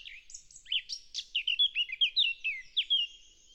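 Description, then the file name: Eurasian blackcap song: a quiet chattering start swelling into a fast, rich run of clear whistled and fluty notes. "Sylvia atricapilla"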